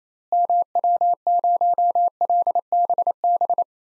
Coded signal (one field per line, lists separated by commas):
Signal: Morse code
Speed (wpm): 28 wpm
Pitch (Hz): 700 Hz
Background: none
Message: MW0LBB